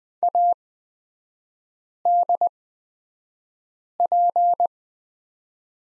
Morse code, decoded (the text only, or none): ADP